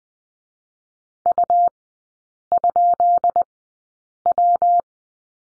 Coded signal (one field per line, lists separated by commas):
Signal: Morse code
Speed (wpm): 20 wpm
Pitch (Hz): 700 Hz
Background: none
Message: U?W